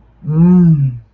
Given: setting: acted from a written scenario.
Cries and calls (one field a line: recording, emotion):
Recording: vocal sound without words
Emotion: desire